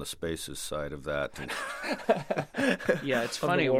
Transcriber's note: laughter